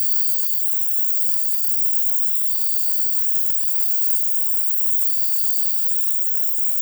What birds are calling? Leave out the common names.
none